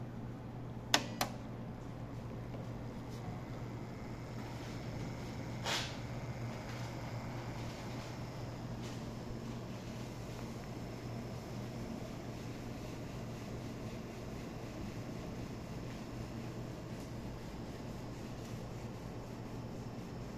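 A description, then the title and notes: A centrifuge runs with a steady, low machine hum and a constant whirring drone that holds level for the whole stretch. Near the start, around one second in, come two sharp clicks, then a softer knock near six seconds; otherwise the sound barely changes. This is the test of our centrifuge running E.coli for 10 minutes at full speed.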